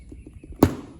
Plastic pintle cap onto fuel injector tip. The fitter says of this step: And I take, and you just push it down until it snaps.